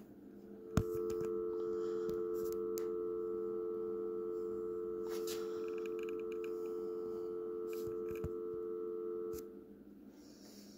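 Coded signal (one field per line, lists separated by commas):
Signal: telephone call progress tone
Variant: North America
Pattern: dial tone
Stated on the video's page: Dial tone from a generator circuit powered by a 12 volt wall-wart, identical to the US standard 350/440 Hz tone, making a vintage phone appear live.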